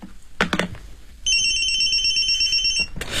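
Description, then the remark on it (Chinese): A telephone rings with a steady, high electronic trill that sustains for about a second and a half, preceded by a few short clattering knocks and followed by a brief rustle. “按我说的接电话，快。”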